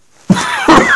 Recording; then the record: coughing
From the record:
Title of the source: Heavy cold and sore throat coughing.